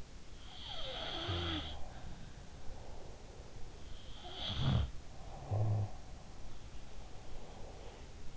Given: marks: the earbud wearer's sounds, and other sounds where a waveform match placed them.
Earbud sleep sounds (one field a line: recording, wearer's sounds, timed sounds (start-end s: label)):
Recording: sounds in sleep by an in-ear microphone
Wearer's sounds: breath, snoring breath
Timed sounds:
0.25-3.82 s: sound from someone else or the room
0.93-3.82 s: breath
3.98-8.37 s: sound from someone else or the room
5.19-8.37 s: snoring breath